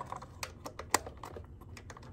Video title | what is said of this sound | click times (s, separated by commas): Check Out The Oil Tank ReInstall On This 2013 Heritage Softail! | that locked into place and then this slides | 0.9 s